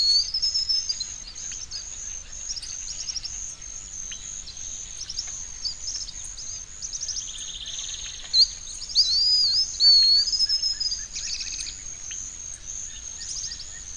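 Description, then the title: Bird song in brief bursts: a high whistled slur at the start, then a buzzy trill and warbled phrases around the middle, over a steady insect hum. "LuckyPassaro Completos2Sama"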